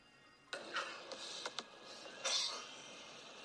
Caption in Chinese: 就不停的咳嗽，不停的咳嗽。 但实际上我已经距离他3米以上在录，啊，声音超大。